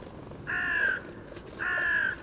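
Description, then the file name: Carrion crow producing two drawn-out, grating caws roughly a second apart. "Corvus corone"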